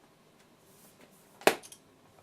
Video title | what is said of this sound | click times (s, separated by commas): Tech Royale 06 - Logitech Ultrathin Keyboard for iPad | and you can just hear the little click knives it says it's locked so when it's like that it is pretty | 1.5 s